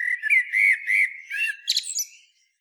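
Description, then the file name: Common blackbird phrase of several low whistled warbling notes that ends in a thin, squeaky high twitter before fading out. "Turdus merula"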